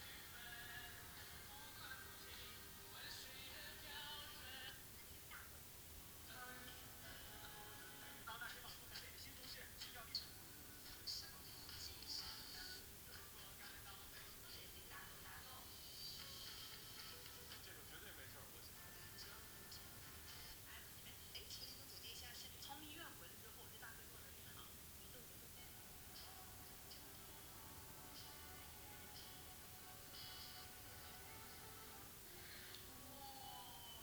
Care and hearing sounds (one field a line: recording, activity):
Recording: daily activity, guitar pickup as the sensor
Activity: browse video